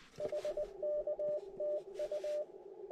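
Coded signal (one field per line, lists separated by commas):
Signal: Morse code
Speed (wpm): 23 wpm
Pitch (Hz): 590 Hz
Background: radio noise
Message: HKTU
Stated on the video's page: CW Parks On The Air activation at a state forest using an IC-705; a solar flare mid-activation made signals fade and become much weaker.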